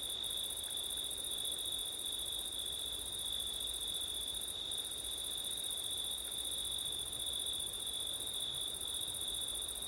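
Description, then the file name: Steady cricket chorus of high, even trills, a short break in the top tone twice, backed by continuous wind noise. Crickets on a windy September night, ORTF stereo microphone setup. "crickets wind september night ortif"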